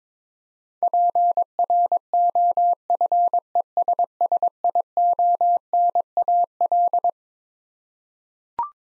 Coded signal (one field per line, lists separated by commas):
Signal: Morse code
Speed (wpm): 22 wpm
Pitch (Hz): 700 Hz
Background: none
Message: PROFESSIONAL